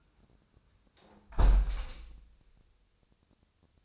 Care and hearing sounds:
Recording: daily activity, microphone in the room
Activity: close window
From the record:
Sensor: 2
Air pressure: 1000.2 hPa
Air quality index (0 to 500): 161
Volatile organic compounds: 3 ppm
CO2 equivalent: 1339 ppm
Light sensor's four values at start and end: 12/31/12/14 and 11/30/11/13

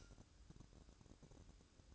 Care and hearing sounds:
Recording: daily activity, microphone in the room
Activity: light off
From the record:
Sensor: 2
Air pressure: 1007.7 hPa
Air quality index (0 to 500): 80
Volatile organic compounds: 1 ppm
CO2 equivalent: 649 ppm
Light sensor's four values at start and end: 9/24/10/10 and 7/18/7/7

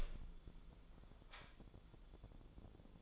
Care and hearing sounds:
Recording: daily activity, microphone in the room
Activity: open door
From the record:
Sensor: 5

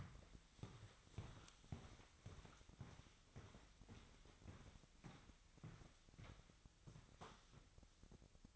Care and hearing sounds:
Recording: daily activity, microphone in the room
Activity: walk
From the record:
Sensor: 3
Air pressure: 1001.7 hPa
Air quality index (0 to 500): 229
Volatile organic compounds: 35 ppm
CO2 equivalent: 3055 ppm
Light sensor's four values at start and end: 13/39/17/14 and 13/39/17/14

